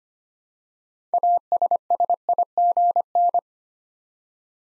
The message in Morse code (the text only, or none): ASSIGN